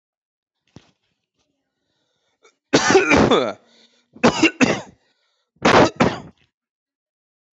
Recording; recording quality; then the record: heavy voluntary cough; excellent, no background noise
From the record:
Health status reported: healthy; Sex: male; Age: 38 years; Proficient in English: yes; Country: India